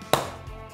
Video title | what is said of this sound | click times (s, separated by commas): Tupperware - Mini quiches sans pâte | donc là vous avez entendu le clic c'est que c'est bon | 0.1 s